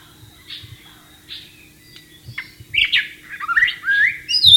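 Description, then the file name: White-rumped shama song: soft, spaced whistled notes at first, then louder, rapid rising whistles and chattering phrases toward the end, with a faint low hum beneath. Wild bird, in the wild. "suara burung murai batu di alam liar"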